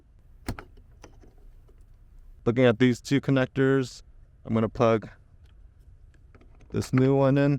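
A black OEM wiring clip is unplugged from the headlight harness of a Ford Maverick so a new Mabett revised LED side marker harness can be wired in line. Short sharp clicks are heard during the release, with the main click at 0.6 s, and the connector comes free. Someone then talks.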